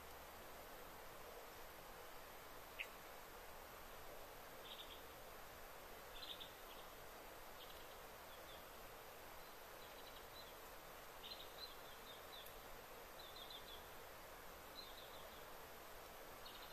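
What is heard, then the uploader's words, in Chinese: A very quiet deep-wilderness woodland: a steady, even hiss of air fills the background while faint chirps come in short clustered bursts every second or two from around five seconds on. A single sharp tick sounds near the three-second mark. 林薮呖呖·极静深野。朝生夕死的虫啊！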